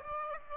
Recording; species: mosquito wingbeat signal from an infrared sensor; Aedes aegypti